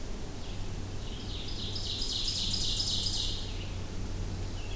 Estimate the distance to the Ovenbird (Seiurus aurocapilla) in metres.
about 35 m